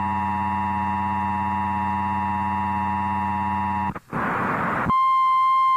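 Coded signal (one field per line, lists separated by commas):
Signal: Emergency Alert System (SAME) tones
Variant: 853 and 960 Hz attention tone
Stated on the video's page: Simulated what-if EAS activation scenario set during the September 11 attacks.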